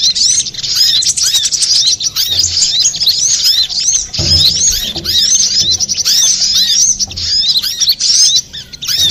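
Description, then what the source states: Little spiderhunter song: continuous high-pitched twittering of sharp, quickly repeated chirps, nearly unbroken across the whole stretch, with faint low thumps in the background. Master recording used for training cage birds; labelled Labaik.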